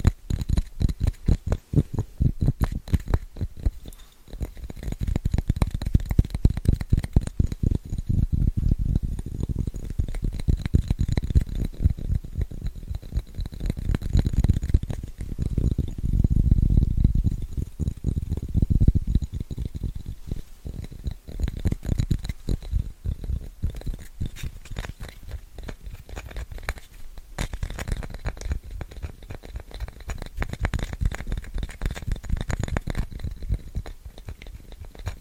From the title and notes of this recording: ASMR Fast & Scratchy Tapping (No Talking).